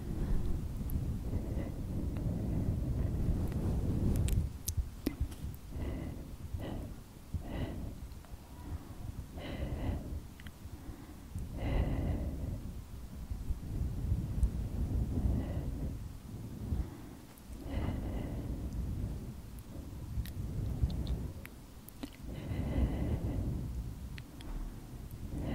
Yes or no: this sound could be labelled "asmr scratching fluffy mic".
yes